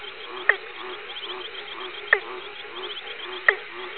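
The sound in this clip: Frog calls: sharp, clicking croaks repeated roughly every one and a half seconds over a steady, buzzing background chorus with faint rhythmic chirps.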